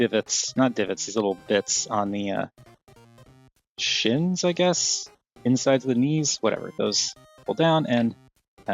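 A plastic shin/knee panel on a Transformers action figure is handled during transformation to car mode, being folded down toward the insides of the knees where its tabs will seat. Someone talks throughout, with a faint brief tap near 2.9 s. Nothing has seated or clicked yet.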